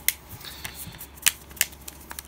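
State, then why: Seated. A plastic back cover is pressed onto the body of a CellAllure Miracle 6.0 S smartphone, snapping in around its edges with a series of sharp clicks at 1.3, 1.6, 1.9 and 2.2 seconds, after an earlier sharp tick at 0.1 seconds. The cover seats firmly and feels durable.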